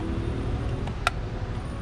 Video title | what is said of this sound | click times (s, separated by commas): Tutorial: All New Brio 2018 Auto Window Rasa Fortuner / Venturer dan Spion Otomatis By PLUGNPLAY | Klik, sudah. | 1.1 s